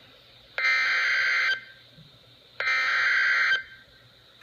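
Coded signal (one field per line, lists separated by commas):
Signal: Emergency Alert System (SAME) tones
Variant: header bursts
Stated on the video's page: Severe Thunderstorm Warning on NOAA Weather Radio from forecast office Upton, NY.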